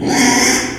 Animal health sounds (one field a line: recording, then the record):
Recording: squeal of a Yucatan mini pig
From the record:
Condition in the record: after surgery on the right vocal fold (resection and tissue-engineered implant)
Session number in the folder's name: 3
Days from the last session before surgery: 33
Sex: male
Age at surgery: 12 weeks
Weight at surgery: 13 kg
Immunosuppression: cyclosporine, prednisolone